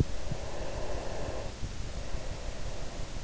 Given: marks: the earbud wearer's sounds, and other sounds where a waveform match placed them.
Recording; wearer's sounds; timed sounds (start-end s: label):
sounds in sleep by an in-ear microphone; breath
0.12-3.24 s: breath